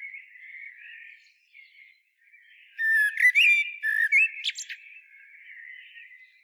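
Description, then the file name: Common blackbird song phrase: rich whistled warbling notes followed by a brief, scratchy high flourish, with quieter warbling before and after. "Turdus merula"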